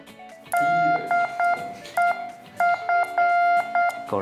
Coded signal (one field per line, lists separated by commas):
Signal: Morse code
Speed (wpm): 8 wpm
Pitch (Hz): 1400 Hz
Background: speech, music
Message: DEF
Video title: TrainTheTrainer Kickoff, Exploring ARDF, Kit Building, CW & More! YOTA Hungary 2023